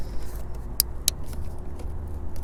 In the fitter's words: just to make sure that when you're installing these, that you get a nice click when you press in. And that's how you can